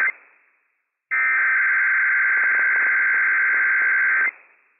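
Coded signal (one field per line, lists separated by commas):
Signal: Emergency Alert System (SAME) tones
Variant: header bursts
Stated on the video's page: Required weekly test on a NOAA Weather Radio station, issued by a sheriff's office; operational, valid EAS tones.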